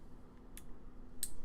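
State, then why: Seated. The top-fill cap on a vape tank is closed, giving a faint tick at 0.6 s and then a sharp, louder click at 1.2 s as the cap seats back shut. The low, steady background hum continues throughout.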